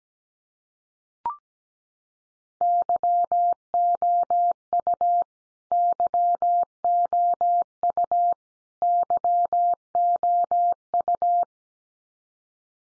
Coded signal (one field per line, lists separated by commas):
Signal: Morse code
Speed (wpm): 17 wpm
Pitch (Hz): 700 Hz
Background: none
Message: YOU YOU YOU